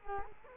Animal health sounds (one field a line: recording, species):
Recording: mosquito wingbeat signal from an infrared sensor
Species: Culex quinquefasciatus